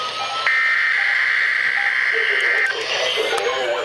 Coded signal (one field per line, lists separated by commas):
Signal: Emergency Alert System (SAME) tones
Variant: header bursts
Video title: KHB38, WXK97, and WXJ94 Required Weekly Tests (EAS #1,263-1,265)